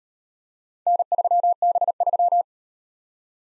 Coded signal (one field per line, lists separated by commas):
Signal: Morse code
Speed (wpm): 38 wpm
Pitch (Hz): 700 Hz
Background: none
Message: N3B3